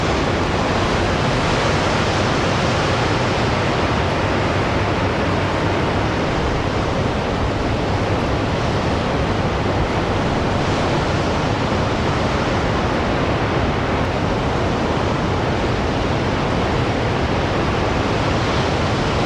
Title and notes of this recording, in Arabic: أمواج البحر العاتية من أعلى الجرف. انتقل بنفسك إلى الجروف الوعرة في أوركني، عند طرف اسكتلندا، حيث يصطدم المحيط الأطلسي بشكل ساحر بالخط الساحلي القديم.